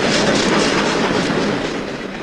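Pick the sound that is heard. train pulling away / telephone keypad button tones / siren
train pulling away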